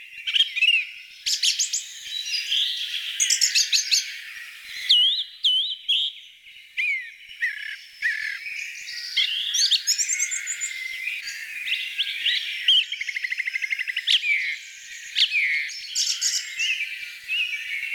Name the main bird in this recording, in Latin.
Turdus philomelos